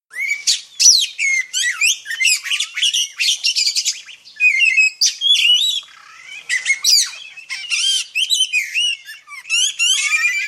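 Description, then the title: Oriental magpie-robin singing a dense, continuous run of varied whistles, trills and scratchy notes, with quick slurred phrases following each other almost without pause. Black form of the magpie-robin. "KACER HITAM"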